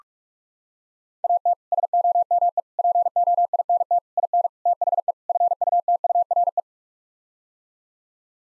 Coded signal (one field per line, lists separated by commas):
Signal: Morse code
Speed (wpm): 41 wpm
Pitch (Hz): 700 Hz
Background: none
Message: AT SOME POINT IN THE FUTURE